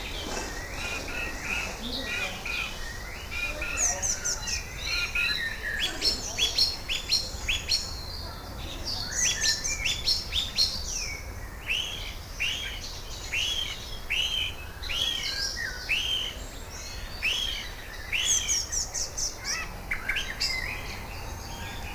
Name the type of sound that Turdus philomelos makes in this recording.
song